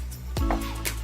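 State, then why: Seated. The locking lid or lever of a chip socket adapter on an EEPROM programmer is closed after a BIOS flash chip is seated in the socket with pin 1 aligned. Two short, sharp clicks sound at 0.4 s and 0.5 s as the lid locks shut, and the chip is confirmed locked in place.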